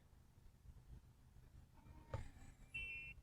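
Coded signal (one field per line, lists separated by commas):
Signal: beep code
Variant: RV keyless door lock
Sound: a mechanical clunk of the lock, then one short high electronic beep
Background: low room hum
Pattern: 1 short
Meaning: The door is locked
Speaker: i hear it locked you got the audible there it is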